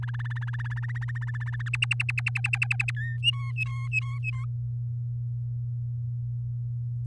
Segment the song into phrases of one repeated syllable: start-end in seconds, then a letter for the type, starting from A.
0.02-1.62 A, 1.66-2.91 B, 2.97-3.17 C, 3.23-4.45 D